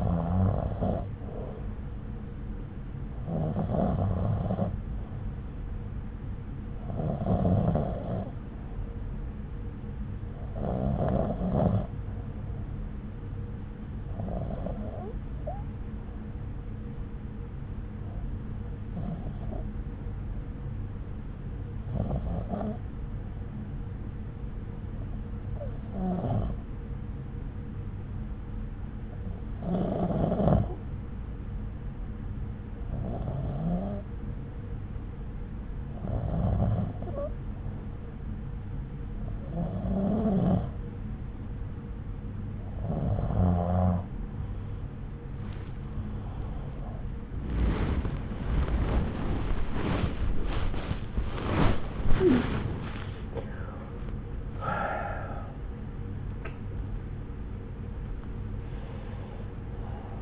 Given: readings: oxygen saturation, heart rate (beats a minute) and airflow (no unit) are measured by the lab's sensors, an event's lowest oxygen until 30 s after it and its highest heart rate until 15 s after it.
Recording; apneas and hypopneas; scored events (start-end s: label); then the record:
breathing in sleep by a smartphone at the bedside; 1
13.00-50.10 s: hypopnea (REM, oxygen 96% highest, then 94% lowest)
40.00-60.22 s: new sleep stage, awake
45.00-60.22 s: awake
From the record:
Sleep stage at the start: REM sleep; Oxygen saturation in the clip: 91 to 96%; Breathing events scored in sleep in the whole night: 303 in 8.1 hours asleep